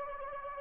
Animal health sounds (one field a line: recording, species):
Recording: mosquito wingbeat signal from an infrared sensor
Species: Anopheles arabiensis